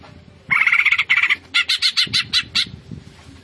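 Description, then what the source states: Greater green leafbird song: a short rasping trill followed by a series of about six separate harsh, chattering notes at a steady quick pace, over low background noise. Local name cucak ijo; described as gacor, meaning singing vigorously and continuously.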